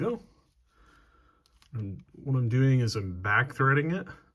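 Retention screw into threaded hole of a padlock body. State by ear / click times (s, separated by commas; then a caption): not seated / none. A retention screw is turned backwards (back-threaded) at the threaded hole of a padlock body so its thread can drop into the start before being turned right, which avoids cross-threading. Faint handling ticks come near 1.5 to 2.0 seconds while someone talks. Nothing has seated or clicked yet.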